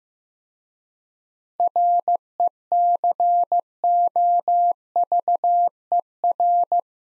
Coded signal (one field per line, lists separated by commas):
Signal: Morse code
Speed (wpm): 15 wpm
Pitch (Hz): 700 Hz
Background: none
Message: RECOVER